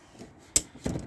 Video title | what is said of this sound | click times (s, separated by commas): 2018-Burstner Lyseo TD 744 Harmony Edition | the actual handles but when you're opening it just you'll hear it click so gently up | 0.6 s